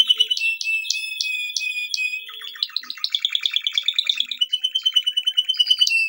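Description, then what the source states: Canary song: regularly spaced sharp clicks over a held whistle, then rapid buzzy trills and a steady, evenly pulsed trill of repeated notes. Song used for training.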